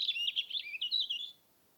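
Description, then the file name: European robin song phrase, a rapid warbling run of thin, high, twittering notes that rise and fall for about a second before stopping, with a quiet background. "european robin - erithacus rubecula"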